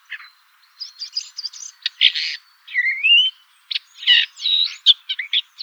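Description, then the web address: Woodchat shrike: rapid mix of rasping chatters, squeaky high notes and a slurred rising whistle, packed closely together with short gaps. "lanius senator call"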